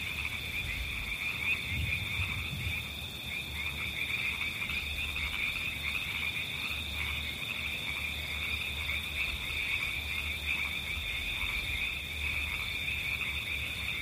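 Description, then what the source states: Frog chorus of continuous overlapping trills held at a steady high pitch, over a bed of even hissing noise and faint low rumbling. River frogs, mixed with white noise.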